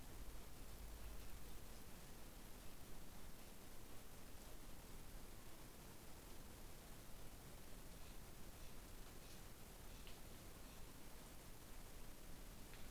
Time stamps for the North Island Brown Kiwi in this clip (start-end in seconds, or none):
none